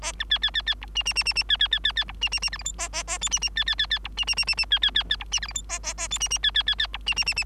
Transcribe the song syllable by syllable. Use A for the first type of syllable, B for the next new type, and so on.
A B C C C C D E E E E E C C C C C D E E E F G H A A A I E E C C C C D E E E E E C C C C D E F G H A A A I E E C C C C D E E E E